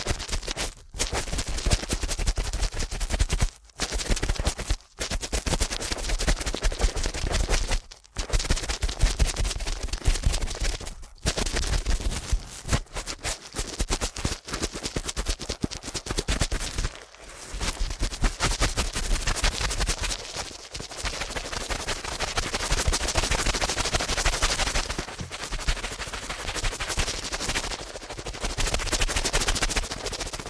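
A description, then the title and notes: Rapid, dense ear-cleaning scratches crackle almost nonstop in quick bursts like rattling taps, broken by brief silent gaps every few seconds. ASMR Ear Cleaning at Helicopter Speed.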